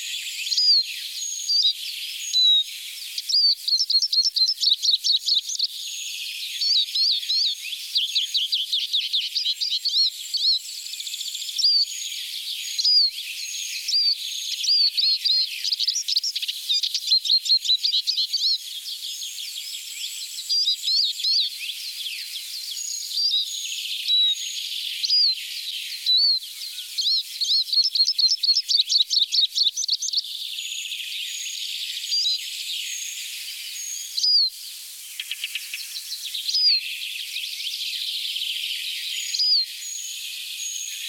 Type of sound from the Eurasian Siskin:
song